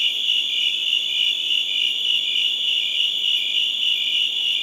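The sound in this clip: Crickets sing a steady shrill trill, the high tone throbbing in a fast, regular rhythm from start to finish.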